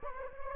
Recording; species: mosquito wingbeat signal from an infrared sensor; Anopheles gambiae